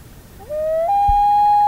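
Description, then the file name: Common loon wail beginning, a tone rising in two steps and then holding level, loud and clear against quiet surroundings. "Gavimm"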